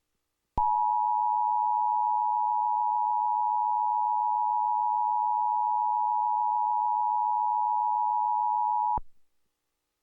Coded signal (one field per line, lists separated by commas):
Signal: Emergency Alert System (SAME) tones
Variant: 853 and 960 Hz attention tone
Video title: Emergency Alert System